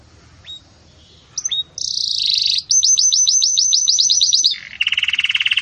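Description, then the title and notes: Belgian canary song opening with scattered notes, then a bright high trill, a run of repeated chirps and a lower pulsing roll. Belgian canary in the 'campainha' (bell) song style, meant for training chicks. "Canto Do Canário Belga Campainha Para Encarte De Filhotes. CANARIO"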